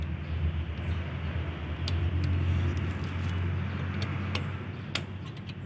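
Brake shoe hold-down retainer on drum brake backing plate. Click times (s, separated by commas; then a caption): 5.0 s. A brake shoe hold-down retainer is fitted by hand onto a drum brake backing plate during drum brake reassembly, over a steady low rumble. Several sharp metallic hits ring out, and the retainer locks properly in place at 5.0 s.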